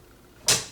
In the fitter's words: hear that click right into place